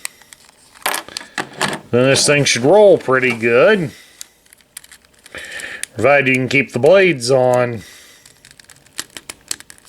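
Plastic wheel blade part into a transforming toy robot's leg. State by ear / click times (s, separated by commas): seated / 9.5 s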